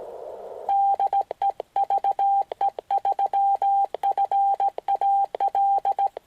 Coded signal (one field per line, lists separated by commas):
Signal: Morse code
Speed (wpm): 17 wpm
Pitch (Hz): 790 Hz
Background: none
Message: DE VE3FAL